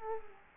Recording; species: mosquito wingbeat signal from an infrared sensor; Culex quinquefasciatus